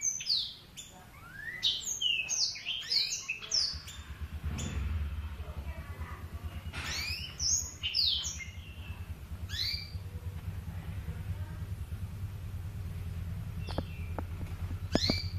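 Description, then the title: Oriental magpie-robin song, bursts of whistled sweeping notes broken by gaps, with a steady low hum underneath and a few sharp clicks near the end. "Kicau Kacer"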